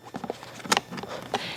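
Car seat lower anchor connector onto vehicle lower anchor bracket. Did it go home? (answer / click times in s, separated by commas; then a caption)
yes / 0.7 s, 0.8 s. Someone pushes the second lower anchor connector, a metal hook on a strap, of a Maxi-Cosi ROMI 2-in-1 convertible car seat onto the vehicle's lower anchor bar. After a few light handling knocks, a sharp double click sounds at 0.7 and 0.8 s as the connector seats on the bracket, followed by a softer knock and some rustling.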